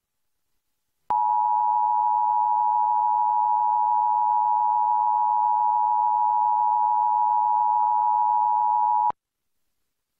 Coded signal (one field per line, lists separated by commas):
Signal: Emergency Alert System (SAME) tones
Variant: 853 and 960 Hz attention tone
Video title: EAS Required Monthly Test [5/7/2024]